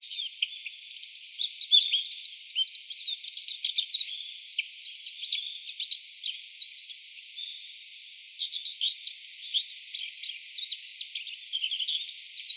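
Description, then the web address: Bull-headed shrike giving a busy stream of harsh, squeaky chirps and twitters, fast and continuous. Recorded on 23 January 2015. "birdenaga mozu"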